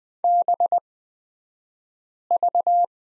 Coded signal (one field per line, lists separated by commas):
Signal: Morse code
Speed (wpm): 20 wpm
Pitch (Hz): 700 Hz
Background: none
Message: BV